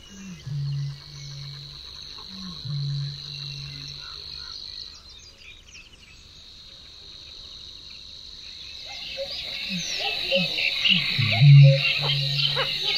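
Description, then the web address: Eurasian bittern booming: deep, hollow low notes in three bouts over a steady high buzzing chorus of insects or frogs and scattered bird calls. "Kurs materiały Przyroda Ptaki BĄK"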